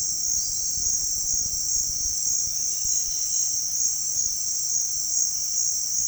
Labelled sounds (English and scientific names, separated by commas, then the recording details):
none
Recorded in pastures near Puerto Asís, Putumayo, Colombia, on 29 June 2025 at 16:30
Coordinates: 0.466, -76.322
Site GP07